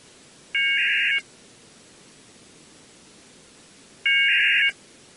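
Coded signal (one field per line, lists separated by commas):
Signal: packet radio (AX.25, as in APRS)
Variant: 1200 baud AFSK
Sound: two short harsh warbling data bursts, each ending in a click, with hiss between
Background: radio static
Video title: How to decode AX.25 Packet using RTL SDR dongle, SDRsharp, Soundmodem and UI-VIEW: APRS decoding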